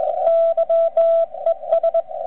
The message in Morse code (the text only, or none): YES